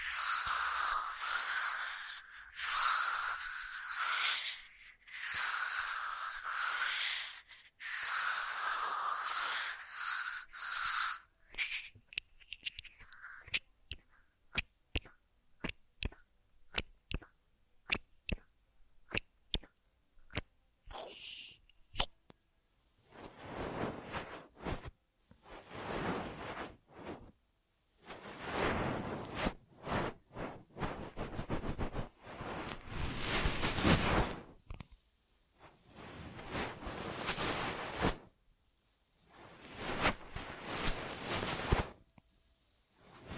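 Ear massage triggers: for the first eleven seconds, soft rhythmic rubbing strokes swell and fade about once a second. Then comes a stretch of sparse, sharp little clicks and taps. From about 23 seconds, bursts of dense, hissy rustling alternate with brief silences.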